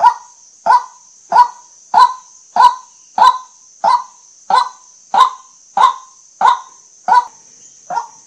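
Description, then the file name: White-breasted waterhen calling in a steady series of thirteen clipped, croaking notes about 0.6 seconds apart, with a constant thin high drone behind. Waterhen call used as a lure for hunting, with emphasis on shooting at night. "เสียงนกกวักเน้นยิงกลางคืน"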